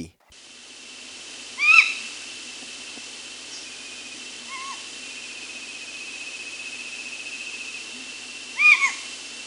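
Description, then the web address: Stygian owl giving two short downslurred, cat-like calls about seven seconds apart, with fainter similar notes between, over a steady insect drone and hiss. Ecuador. "Birds of Ecuador. Stygian Owl"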